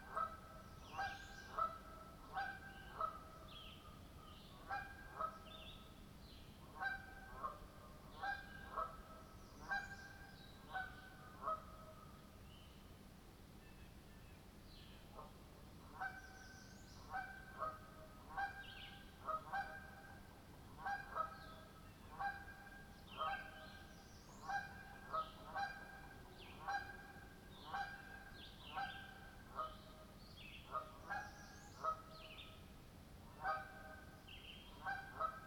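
Geese honk in repeated bursts throughout a spring night soundscape, calls clustering every second or two over a steady low rumble.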